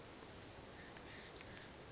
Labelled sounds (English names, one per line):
Western Flycatcher